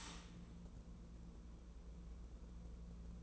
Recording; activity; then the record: daily activity, microphone in the room; start toaster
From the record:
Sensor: 1